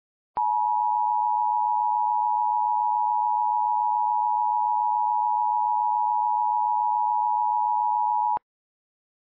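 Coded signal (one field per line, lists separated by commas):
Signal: Emergency Alert System (SAME) tones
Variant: 853 and 960 Hz attention tone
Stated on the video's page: Fictional EAS scenario, simulated alert about heavy rain during cold winter temperatures.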